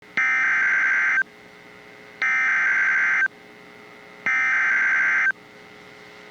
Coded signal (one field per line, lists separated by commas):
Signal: Emergency Alert System (SAME) tones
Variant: header bursts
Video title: Severe Thunderstorm Warning (Orange and Osceola Counties, FL) (3/30/25) [EAS #102]